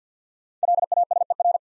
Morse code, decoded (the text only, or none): LASER